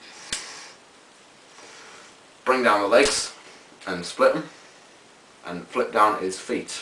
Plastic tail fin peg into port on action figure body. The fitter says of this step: the tail fins and rotate them forward and they'll kind of lock into place with that